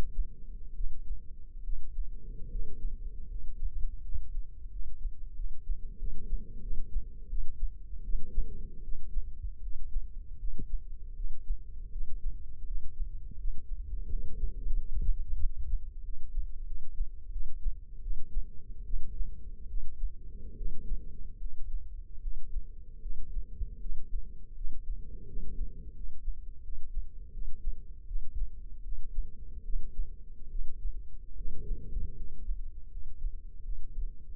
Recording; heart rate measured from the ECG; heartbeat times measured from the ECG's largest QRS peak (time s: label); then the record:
heart sounds by microphone in the left ear; 80 bpm
0.74 s: heartbeat
1.62 s: heartbeat
2.49 s: heartbeat
3.28 s: heartbeat
4.02 s: heartbeat
4.70 s: heartbeat
5.34 s: heartbeat
5.97 s: heartbeat
6.60 s: heartbeat
7.28 s: heartbeat
8.03 s: heartbeat
8.82 s: heartbeat
9.61 s: heartbeat
10.37 s: heartbeat
11.14 s: heartbeat
11.90 s: heartbeat
12.65 s: heartbeat
13.37 s: heartbeat
14.09 s: heartbeat
14.76 s: heartbeat
15.40 s: heartbeat
16.03 s: heartbeat
16.65 s: heartbeat
17.31 s: heartbeat
18.01 s: heartbeat
18.84 s: heartbeat
19.67 s: heartbeat
20.56 s: heartbeat
21.39 s: heartbeat
22.20 s: heartbeat
23.00 s: heartbeat
23.79 s: heartbeat
24.54 s: heartbeat
25.26 s: heartbeat
25.94 s: heartbeat
26.62 s: heartbeat
27.32 s: heartbeat
28.05 s: heartbeat
28.82 s: heartbeat
29.63 s: heartbeat
30.49 s: heartbeat
31.35 s: heartbeat
32.14 s: heartbeat
32.89 s: heartbeat
33.62 s: heartbeat
34.34 s: heartbeat
From the record:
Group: healthy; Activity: cold pressor test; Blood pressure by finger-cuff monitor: 121/88 mmHg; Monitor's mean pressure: 103 mmHg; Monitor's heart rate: 78 bpm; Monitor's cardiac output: 5.6 L/min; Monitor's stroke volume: 73 mL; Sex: male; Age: 35 years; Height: 178 cm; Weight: 64 kg